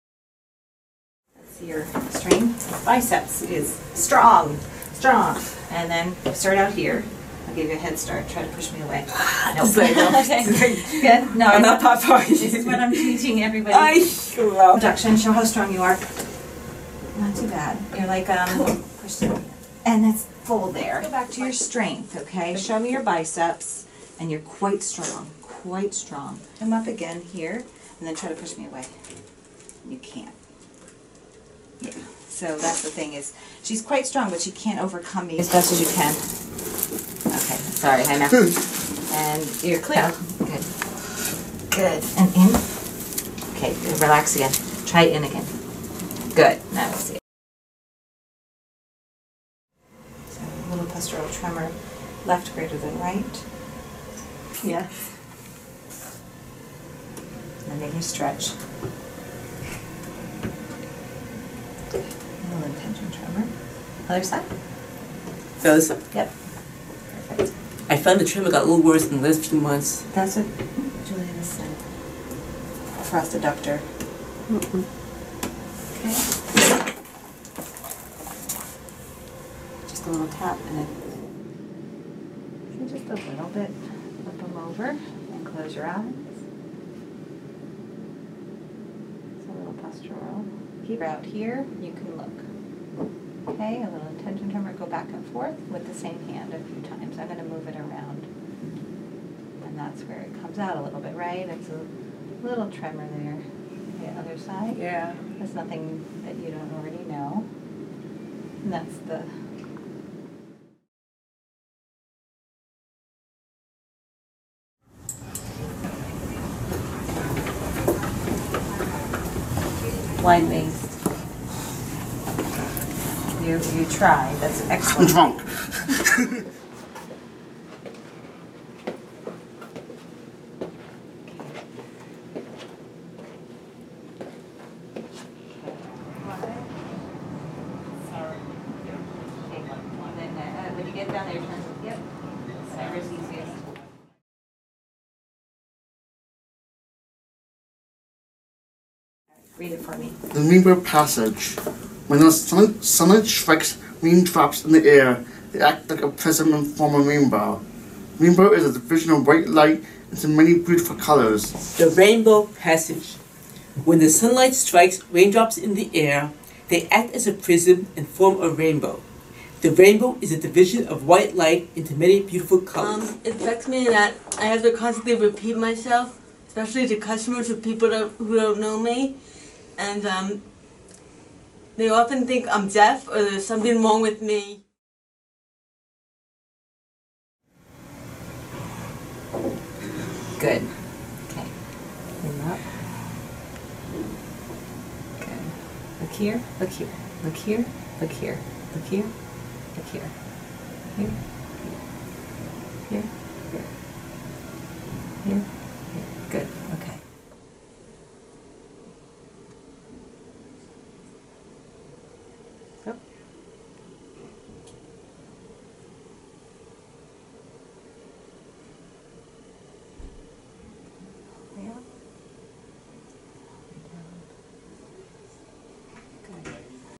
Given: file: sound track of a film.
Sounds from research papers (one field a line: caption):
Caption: Clinical features of our cohort of patients with LOTS. Classical clinical signs and symptoms are grouped in sections (“weakness”; “Tremor, dysmetria, and other motor symptoms”, “gait”; “speech”, “eye movements”) where representative clinical exam of some of the patients in our cohort are reported. The age of each subject at the time of the examination is reported in the video. “Weakness”: in this section the clinical exam of patient 2 and patient 6 show a clear pattern of distribution of the weakness involving the proximal extensor muscles (triceps brachii) in the upper limbs, with presentation of the strength of the other muscles in the upper limbs, and weakness of the proximal flexor muscles in the lower limbs (iliopsoas) in subject 1. “Tremor, dysmetria, and other motor symptoms”: this section shows the presence of a distal, postural tremor in the upper limbs and dysmetria of the upper limbs in patient 2 and patient 5, as well as increased deep tendon reflexes of the biceps brachii, and crossed adductor reflex in patient 2. “Gait”: gait impairment due to cerebellar features and lower limbs weakness. Gait in subject 1 showed a mild narrowing of the base and significant difficulties with tandem gait. Patient 3 and 5 show a wide base gait and instability due to ataxia and proximal weakness. “Speech”: speech in subjects 1, 2, and 6 presents the classical features of a pressured dysarthric speech, which is characteristically heard in LOTS. “Eye movements”: eye movement exam in patient 1 and 6 shows the present of saccadic intrusion of the pursuits and overshooting of saccadic movements due to a cerebellar involvement.